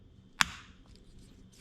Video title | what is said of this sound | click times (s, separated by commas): H7 LED Light Tip & Trick Installation | push it until you hear the click. | 0.4 s